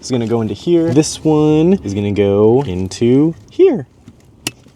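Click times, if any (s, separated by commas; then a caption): 4.2 s, 4.5 s. Two color-coded plastic cable connectors, one purple and one blue, from a Screenmate screen module are pushed into the matching Tesla car video cable sockets while someone talks. Two clicks are heard at 4.2 s and 4.5 s, the second much sharper. Both connectors seat with a solid connection.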